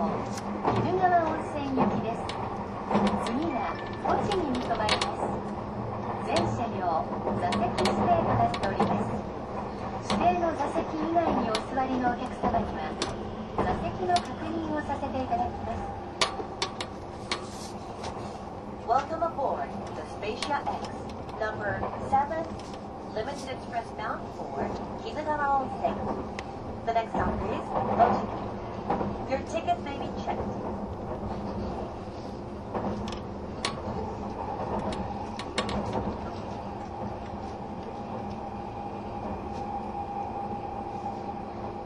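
Train running sounds aboard the Spacia X limited express No. 7: a steady low rumble and hum with frequent clicks and rattles from the wheels and car body. Muffled voices come and go over the first half, and a steady tone lingers toward the end.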